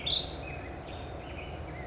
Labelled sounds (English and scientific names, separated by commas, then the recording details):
California Towhee (Melozone crissalis)
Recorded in Sonoma County, California